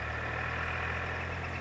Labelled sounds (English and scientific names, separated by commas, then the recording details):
Northern Flicker (Colaptes auratus)
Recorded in Sonoma County, California